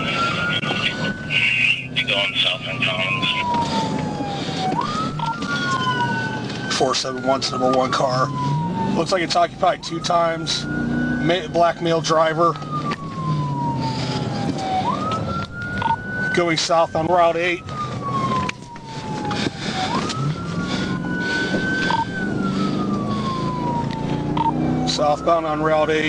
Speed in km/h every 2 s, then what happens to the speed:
79, 63, 58, 55, 68, 71, 77, 68, 69, 53, 58, 81, 84.
0-5 brakes to 55. 7-11 speeds up to 77. 11-18 slows to 53. 19-26 speeds up to 84.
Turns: none.